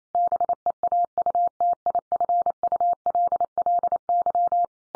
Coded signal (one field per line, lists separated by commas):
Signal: Morse code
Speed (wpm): 28 wpm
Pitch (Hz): 700 Hz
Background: none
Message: BEAUTIFULLY